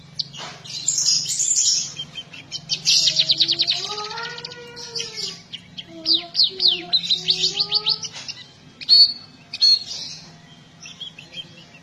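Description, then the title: Red-throated parrotfinch giving thin, high chirps in fast runs, with a lower series of rising and falling whistled notes in the middle and a steady low hum behind. "Erythrura Psittacea"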